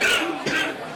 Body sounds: coughing mixed with background sound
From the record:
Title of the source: 64 coughing, allergies, singing lungs

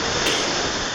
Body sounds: coughing mixed with background sound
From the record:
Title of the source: 55 gaggy wet cough

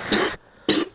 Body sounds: coughing mixed with background sound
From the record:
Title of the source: 60 coughing still (deep and wet cough)

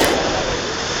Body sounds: coughing mixed with background sound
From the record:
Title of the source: 61 morning phlegmy cough...again

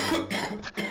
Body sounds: coughing mixed with background sound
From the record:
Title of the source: Man Coughing Sound - Wet Cough Sound Effect

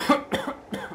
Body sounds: coughing mixed with background sound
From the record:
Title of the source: Coughing Man Sound - Man Cough Sound Effect

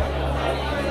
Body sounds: background sound without coughing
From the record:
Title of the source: CITY SOUNDS Busy Bar in the Evening Night - 2 HOURS of Ambiance for Relaxation

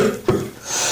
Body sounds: coughing mixed with background sound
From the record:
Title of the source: Mid-morning Winter Coughing Fit

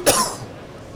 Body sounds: coughing mixed with background sound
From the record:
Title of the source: Coughing 79

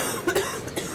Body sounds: coughing mixed with background sound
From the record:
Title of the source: 30 Chesty and wet cough

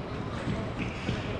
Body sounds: background sound without coughing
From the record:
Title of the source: 30 MINUTES Construction Site Ambience (CC BY 4.0)

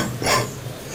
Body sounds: coughing mixed with background sound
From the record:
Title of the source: Spring Cold Coughing 3

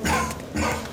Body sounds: coughing mixed with background sound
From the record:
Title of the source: Wet Throat Infection Cough

